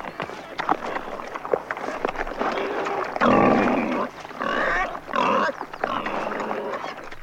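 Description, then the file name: Wild boar giving soft repeated grunts that break into loud, rough squeals midway, followed by further harsh bursts and lower grunting. "dzik"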